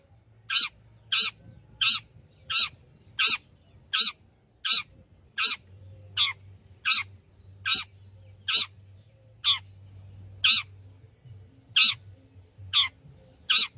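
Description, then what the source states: Long-tailed shrike uttering loud, rasping notes in a steady series roughly every three-quarters of a second, with a faint hum underneath. Singing lively, described with the Indonesian term gacor.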